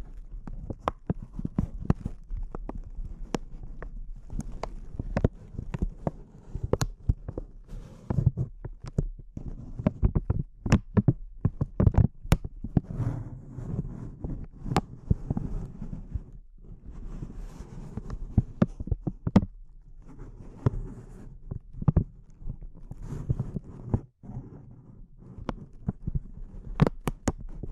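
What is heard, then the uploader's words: Intense close-up crinkles, a dense run of sharp crackling snaps that flash bright and high, several each second, over a constant low rumbling rustle. The texture stays busy throughout, with brief thinner gaps around 16 and 19 seconds before the crackling resumes. ASMR Intense Close-Up Crinkles (No Talking).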